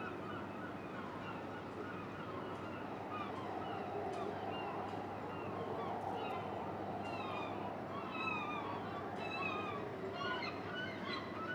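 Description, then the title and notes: Gull cries, sharp and downslurred, come in bursts mostly in the second half, over a continuous windy, rattling background. Gulls recorded at a quay in Boulogne-sur-Mer, France, with wind, a metal structure and the clinking of pleasure boats. "Quai Thurot, Boulogne-sur-Mer, France - Mouettes"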